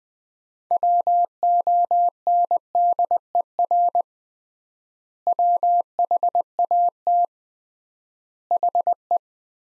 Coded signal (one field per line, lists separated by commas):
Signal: Morse code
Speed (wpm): 20 wpm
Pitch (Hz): 700 Hz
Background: none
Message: WONDER WHAT HE